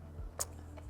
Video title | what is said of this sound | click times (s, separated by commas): Cotopaxi Allpa 38L Roller Bag Review (2 Weeks of Use) | it doesn't, like, see, it locks that way so you could roll it behind you, but not so you could put any weight on it. | 0.4 s